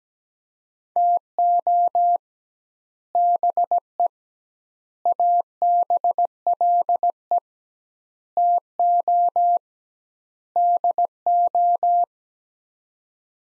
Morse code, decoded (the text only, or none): TO BE ABLE TO DO